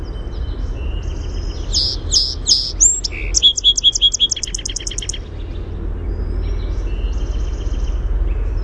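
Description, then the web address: Song sparrow song with bold introductory notes followed by a fast, rattling trill; faint birds and low background rumble before and after. "naturesounds SOSP-song"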